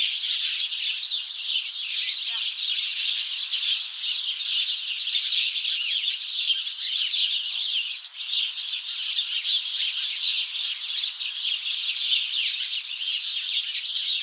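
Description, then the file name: House sparrow flock giving unbroken chatter, many short chirps overlapping into a busy, even wash of sound for the whole stretch. "Passer domesticus"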